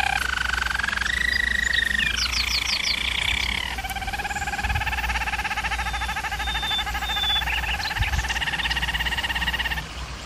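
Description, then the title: German Roller canary song: a bright sustained roll sliding downward, a burst of quick chips, then a lower, evenly pulsed trill held for several seconds. German Roller canary singing, for canary training. "German Roller Canary Singing - Canary Training Vid"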